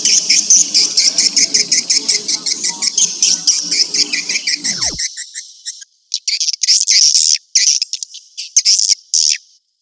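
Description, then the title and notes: Swiftlet twittering: dense, rapid high chirps for about five seconds, then a sharp falling sweep, a brief break, and bursts of chirping resuming in broken spurts. Swiftlet sound used for swiftlet farming in Asia. "Swiflet Bird Sound. Farming Swiflet Bird asia sound"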